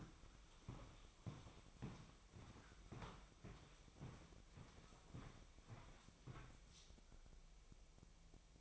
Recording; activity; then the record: daily activity, microphone in the room; walk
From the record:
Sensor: 1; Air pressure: 1001.7 hPa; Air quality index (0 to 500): 222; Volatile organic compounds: 30 ppm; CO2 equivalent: 2959 ppm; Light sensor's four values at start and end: 10/34/12/14 and 10/34/12/14